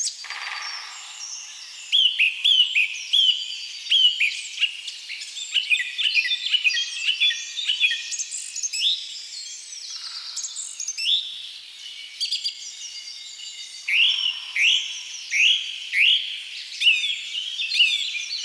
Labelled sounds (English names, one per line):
Song Thrush song